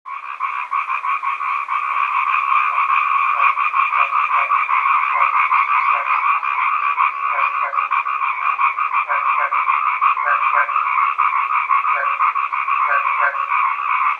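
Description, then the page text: East Asian bullfrog chorus: a dense, continuous mass of rapid croaking notes, with short lower paired croaks breaking through now and then. "虎皮蛙叫声"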